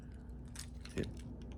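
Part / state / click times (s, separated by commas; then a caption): plastic diving bill into a hard swimbait body / seated / 0.6 s, 1.0 s. A deburred plastic diving bill is fitted into the plastic body of a knockoff hard swimbait. After some handling, sharp clicks at 0.6 and 1.0 seconds are heard as it snaps into its spot, and the bill is seated.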